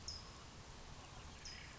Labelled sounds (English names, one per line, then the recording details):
California Towhee
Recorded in Sonoma County, California